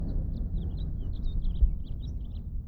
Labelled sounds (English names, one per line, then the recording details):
House Finch song
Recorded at Atlantic Beach West on Long Island, New York, on 2 June 1975
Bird A